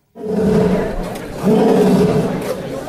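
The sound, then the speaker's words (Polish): An Asian lion in the big cat house at the Kraków zoo roars in two long, deep, rumbling bursts, the second swelling louder than the first, with a harsh throaty growl and no speech. “Pan prezydent by sobie wziął do domu na przykład takiego lewka azjatyckiego?”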